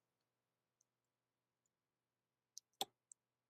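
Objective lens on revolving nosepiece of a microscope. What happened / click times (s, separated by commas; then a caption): The rotating part clicked into its detent position / 2.8 s. The revolving nosepiece of a microscope is rotated until the objective lens clicks into its detent. Faint ticks in near silence lead to a sharp high click at 2.6 s, then a louder, fuller click at 2.8 s and a small tick at 3.1 s. The objective lens seats at 2.8 s, clicking into the right position.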